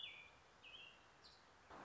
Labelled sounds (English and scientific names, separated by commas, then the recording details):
American Robin (Turdus migratorius)
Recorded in Sonoma County, California